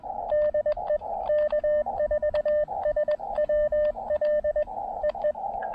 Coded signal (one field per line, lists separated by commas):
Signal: Morse code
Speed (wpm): 20 wpm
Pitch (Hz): 590 Hz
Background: radio noise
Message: DE K4SWL EE